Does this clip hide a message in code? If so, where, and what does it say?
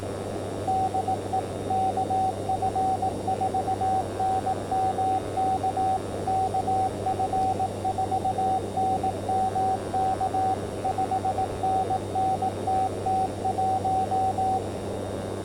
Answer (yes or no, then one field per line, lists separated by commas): yes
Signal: Morse code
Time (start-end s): 0.7-14.6 s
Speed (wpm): 18 wpm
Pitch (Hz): 760 Hz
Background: radio noise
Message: DE KF4NMK KF4NMK 5NN TT1